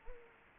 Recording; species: mosquito wingbeat signal from an infrared sensor; Culex quinquefasciatus